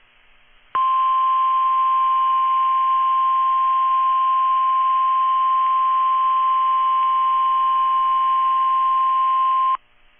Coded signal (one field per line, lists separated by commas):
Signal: Emergency Alert System (SAME) tones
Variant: 1050 Hz attention tone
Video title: NWR RWTs because it’s Wednesday (EAS #1018-#1027)